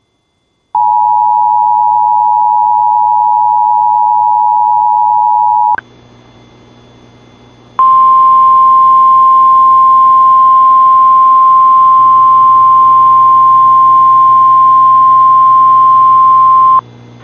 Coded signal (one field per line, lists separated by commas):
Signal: Emergency Alert System (SAME) tones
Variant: 853 and 960 Hz attention tone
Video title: All Weekly Test Chaos (6/23/21) [EAS #499 - #514]